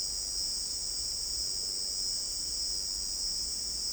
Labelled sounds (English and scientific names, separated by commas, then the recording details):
none
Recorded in dense forest near Puerto Asís, Putumayo, Colombia, on 13 March 2025 at 17:00
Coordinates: 0.499, -76.324
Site GP03